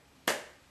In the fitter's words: when I close this I don't know if you can hear it on the video but there's a click